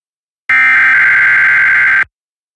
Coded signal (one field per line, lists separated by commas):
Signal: Emergency Alert System (SAME) tones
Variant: header bursts